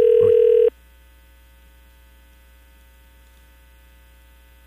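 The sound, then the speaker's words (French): A steady electronic ringback tone of an outgoing phone call, after a number is dialed, sounds for under a second, falls silent for several seconds, then starts again at the end, with a low hum underneath throughout. “Puis là, normalement, ça devrait sonner. Ça sonne.”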